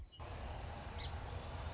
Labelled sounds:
Song Sparrow
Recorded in Sonoma County, California

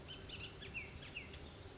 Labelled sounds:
Bullock's Oriole
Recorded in Sonoma County, California

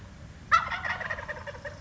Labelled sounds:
Wild Turkey
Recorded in Sonoma County, California

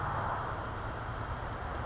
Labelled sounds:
California Towhee
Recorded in Sonoma County, California

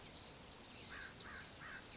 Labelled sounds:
American Crow
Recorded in Sonoma County, California

